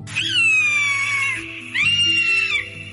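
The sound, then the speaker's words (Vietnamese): A hawk's sharp screech sounds twice: a long, piercing, high-pitched cry that slowly falls in pitch, a brief gap, then a shorter second cry, over a steady low hum. “Lời của hắn còn chưa dứt, chân trời lúc này đột nhiên vang lên một tiếng kêu bén nhọn của diều hâu.”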